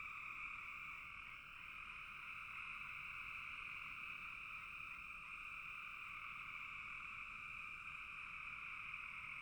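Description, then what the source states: Frogs chorusing continuously, a dense high trill holding steady for the whole stretch. Frogs in a bog.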